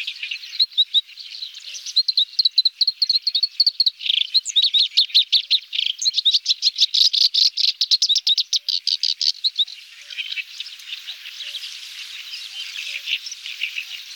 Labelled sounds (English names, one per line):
Black-browed Reed Warbler song